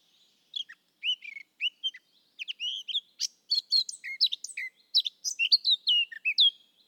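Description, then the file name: Eurasian blackcap song, a fast varied warble of chattering notes building into clear, loud fluted whistles and slurred phrases toward the end; no other sounds. "Sylvia atricapilla"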